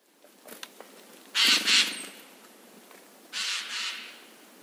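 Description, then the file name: Eurasian jay calls, two harsh rasping screeches, the second softer, heard over a quiet background with a few faint clicks. "Garrulus glandarius"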